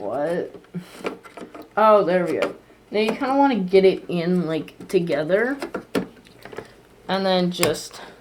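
A RAM module is being handled over a motherboard memory slot while someone talks. A few short, sharp sounds come near the end as it is lined up to be pushed down. Nothing has seated or clicked yet.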